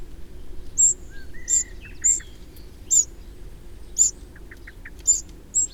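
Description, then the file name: Eurasian wren calling with hard, high-pitched ticks repeated several times, with soft lower chirps and short notes between them. "Troglodytes troglodytes"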